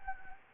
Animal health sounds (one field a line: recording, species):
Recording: mosquito wingbeat signal from an infrared sensor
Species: Anopheles gambiae